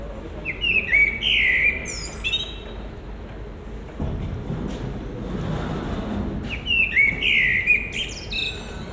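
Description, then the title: Common blackbird song: two fluty warbling phrases with high twittered endings, about six seconds apart, with a brief low rushing noise between them. Recorded at Résidence Sainte-Gertrude, Marolles, Brussels, Belgium, with a Sony PCM-M10 and Luhd PM-01 binaural microphones. "Marolles, 1000 Bruxelles, Belgique - Résidence Sainte-Gertrude - Merle - Blackbird"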